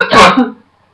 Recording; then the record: coughing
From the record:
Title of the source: Barking cough - # 10